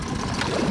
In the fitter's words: there's a click so let me show you guys